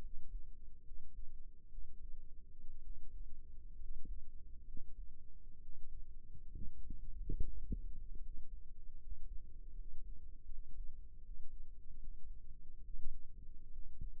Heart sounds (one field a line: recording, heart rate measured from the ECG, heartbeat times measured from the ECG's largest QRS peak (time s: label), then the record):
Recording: heart sounds by microphone in the right ear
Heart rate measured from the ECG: 70 bpm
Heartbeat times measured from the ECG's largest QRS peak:
0.00 s: heartbeat
0.83 s: heartbeat
1.69 s: heartbeat
2.81 s: heartbeat
3.77 s: heartbeat
4.65 s: heartbeat
5.60 s: heartbeat
6.53 s: heartbeat
7.38 s: heartbeat
8.20 s: heartbeat
8.98 s: heartbeat
9.74 s: heartbeat
10.47 s: heartbeat
11.22 s: heartbeat
11.99 s: heartbeat
12.81 s: heartbeat
13.70 s: heartbeat
From the record:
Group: healthy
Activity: rest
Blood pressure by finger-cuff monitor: 95/55 mmHg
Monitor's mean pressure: 67 mmHg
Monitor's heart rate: 73 bpm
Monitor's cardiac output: 6.4 L/min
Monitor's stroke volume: 93 mL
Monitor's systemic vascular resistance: 740 dyn s/cm5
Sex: male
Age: 22 years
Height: 181 cm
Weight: 79 kg